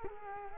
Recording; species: mosquito wingbeat signal from an infrared sensor; Culex quinquefasciatus